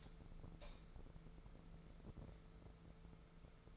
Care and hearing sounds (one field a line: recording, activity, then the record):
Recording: daily activity, microphone in the room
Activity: light on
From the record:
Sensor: 5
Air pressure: 1014.6 hPa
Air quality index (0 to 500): 154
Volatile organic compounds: 4 ppm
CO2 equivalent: 1698 ppm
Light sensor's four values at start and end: 191/456/194/213 and 192/461/195/215